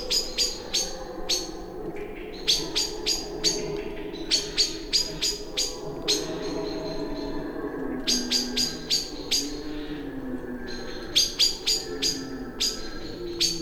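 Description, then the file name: Common blackbird repeated chink calls delivered in rapid clusters of several notes, with short gaps between clusters and a faint low hum beneath. "Turdus merula"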